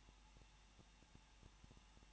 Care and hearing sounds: daily activity, microphone in the room; no activity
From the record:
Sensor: 1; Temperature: 20.1 degrees Celsius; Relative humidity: 39.1%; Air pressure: 1006.5 hPa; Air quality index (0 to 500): 216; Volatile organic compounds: 73 ppm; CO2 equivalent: 3542 ppm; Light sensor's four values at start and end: 1/2/1/1 and 1/2/1/1

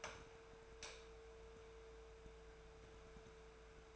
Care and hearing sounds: daily activity, microphone in the room; light on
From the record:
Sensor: 2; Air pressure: 1014.4 hPa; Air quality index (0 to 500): 173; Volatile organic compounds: 11 ppm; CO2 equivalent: 2293 ppm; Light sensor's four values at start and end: 10/26/10/11 and 15/41/16/17

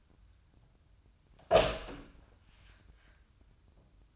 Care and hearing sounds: daily activity, microphone in the room; open door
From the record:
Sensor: 2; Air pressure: 1004.6 hPa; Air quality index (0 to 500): 74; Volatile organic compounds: 1 ppm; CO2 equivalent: 884 ppm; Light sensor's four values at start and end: 7/16/6/7 and 7/16/7/7

